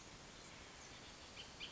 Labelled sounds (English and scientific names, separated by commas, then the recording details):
Bullock's Oriole (Icterus bullockii)
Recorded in Sonoma County, California